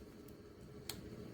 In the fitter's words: and then let it stick, okay? Listen for those little clicks across there.